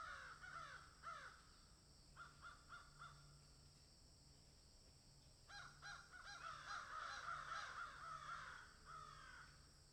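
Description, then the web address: Crows cawing in repeated harsh bursts, several birds overlapping, with a quieter gap midway before a dense chorus of caws; a steady low hum underneath. Crows cawing in a field. "Debarup Travel Films - Crows Caw in Field"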